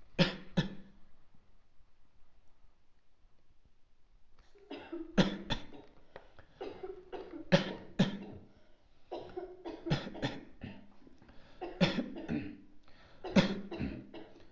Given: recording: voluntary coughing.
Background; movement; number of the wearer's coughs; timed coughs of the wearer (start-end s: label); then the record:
a bystander coughing; sitting; 10
0.17-0.52 s: cough
0.55-0.92 s: cough
5.15-5.43 s: cough
5.49-5.80 s: cough
7.49-7.96 s: cough
7.97-8.35 s: cough
9.89-10.22 s: cough
10.22-10.46 s: cough
11.79-12.18 s: cough
13.33-13.61 s: cough
From the record:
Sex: male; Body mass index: 23.7 kg/m2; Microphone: on the chest, facing outward